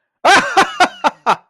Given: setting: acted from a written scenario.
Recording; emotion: vocal sound without words; triumph